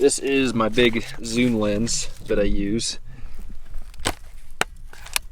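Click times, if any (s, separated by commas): 4.6 s, 5.2 s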